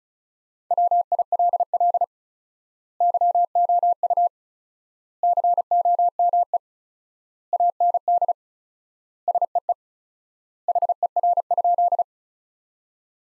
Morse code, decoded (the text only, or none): WILL YOU COME AND SEE HER?